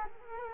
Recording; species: mosquito wingbeat signal from an infrared sensor; Culex quinquefasciatus